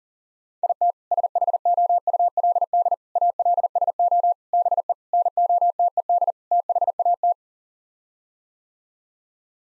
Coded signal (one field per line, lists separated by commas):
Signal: Morse code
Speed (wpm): 37 wpm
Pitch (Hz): 700 Hz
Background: none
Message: IT SHOULD ALSO BE NOTED THAT